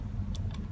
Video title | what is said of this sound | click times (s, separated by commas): LawMate® PV-NB10W Binder Spy Camera - Setup & Features | Slide that in till it clicks. | 0.4 s